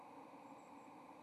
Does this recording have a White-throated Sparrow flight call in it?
no